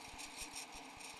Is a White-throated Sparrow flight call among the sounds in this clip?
no